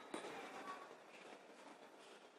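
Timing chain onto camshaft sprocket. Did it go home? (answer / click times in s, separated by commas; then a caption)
no / none. A timing chain on a Volkswagen Jetta engine is lowered slowly onto the camshaft sprocket, giving only a soft, dull sound around 0.1 s over a steady low background noise. There is no click, and the chain has not seated on the sprocket, so it is lowered back down.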